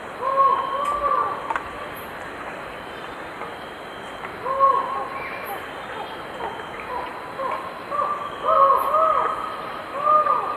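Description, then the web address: Collared forest falcon song of hollow, arched 'aow' notes, repeated irregularly with some doubled notes, against steady background noise. Two birds singing, recorded in the eastern lowlands of South America. "Natures Songs S America Eastern Lowlands. Micrastur semitorquatus, song 2 birds"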